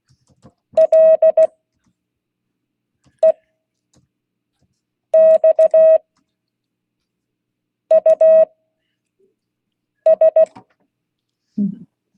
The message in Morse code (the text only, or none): LEXUS